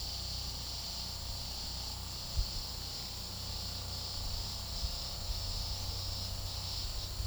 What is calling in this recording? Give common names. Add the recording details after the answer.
none. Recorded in pastures near Puerto Asís, Putumayo, Colombia, on 21 February 2024 at 15:30. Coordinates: 0.486, -76.323. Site G6462